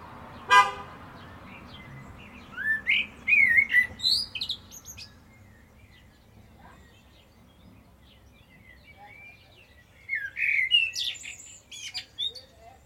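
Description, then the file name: Common blackbird singing two separate phrases of flowing whistled notes with squeaky high endings, a sharp click near the start and a quiet gap between phrases. "Turdus merula"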